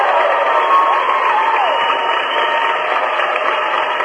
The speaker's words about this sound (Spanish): van aplausos, por supuesto.